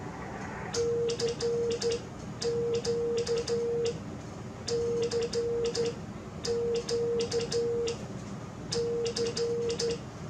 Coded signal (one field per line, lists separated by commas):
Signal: Morse code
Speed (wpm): 12 wpm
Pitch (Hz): 470 Hz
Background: none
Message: CQ CQ C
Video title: #HamRadio Live! Show 243 Part 2 About The Least Used Bands In Ham Radio. 2200m and 630m Thanks N4POD